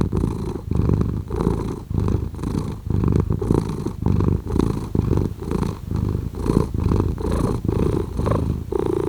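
Cat purring: low rumbling purr rising and falling with each breath, roughly every half second to second, steady throughout.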